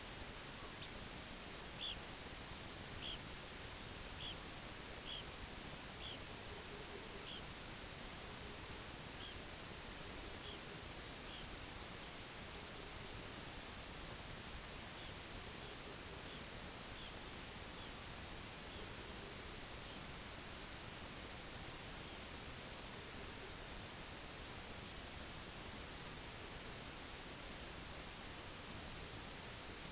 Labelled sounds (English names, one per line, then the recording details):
Red Phalarope
Pectoral Sandpiper
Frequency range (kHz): Red Phalarope 1.9-5.3 kHz
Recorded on Arctic tundra, site UTQI-8, on 8 June 2019
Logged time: 12:00